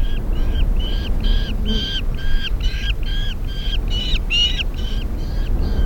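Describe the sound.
Black falcon chattering, a rhythmic series of strained, nasal notes, steady throughout, with constant low background rumble.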